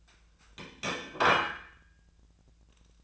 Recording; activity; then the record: daily activity, microphone in the room; place plate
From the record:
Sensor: 2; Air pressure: 1009.3 hPa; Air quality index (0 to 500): 187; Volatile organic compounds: 12 ppm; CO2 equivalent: 2328 ppm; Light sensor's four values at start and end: 22/53/23/25 and 22/54/23/25